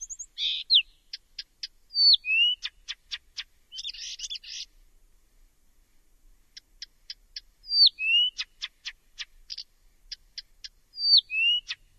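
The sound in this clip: Bird giving sharp high ticks in quick runs, with paired downslurred whistles and a brief scratchy burst, pausing briefly before resuming.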